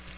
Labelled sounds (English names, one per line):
Chestnut-sided Warbler flight call